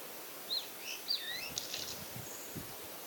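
Wallcreeper with two thin whistled notes followed by a lower drawn-out note, then scattered low thuds.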